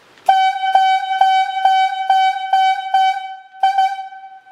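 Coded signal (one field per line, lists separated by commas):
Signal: whistle signal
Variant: highlead logging talkie tooter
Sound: reedy electronic whistle tone pulsing seven times, brief pause, then two more pulses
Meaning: Person injured; call transportation and a stretcher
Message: 7-2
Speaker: persons injured call transportation and a stretcher it's going to sound like this seven and two sorry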